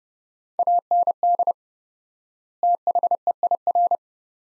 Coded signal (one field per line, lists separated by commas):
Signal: Morse code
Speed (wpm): 30 wpm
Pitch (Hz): 700 Hz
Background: none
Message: AND THEIR